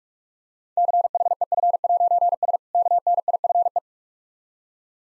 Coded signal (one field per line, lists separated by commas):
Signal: Morse code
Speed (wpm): 45 wpm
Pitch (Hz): 700 Hz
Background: none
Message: CHEF'S KNIFE